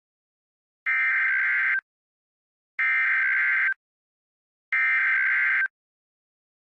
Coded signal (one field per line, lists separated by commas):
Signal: Emergency Alert System (SAME) tones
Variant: header bursts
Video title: EAS Scenario:TWISTER CHAOS! (Part 1)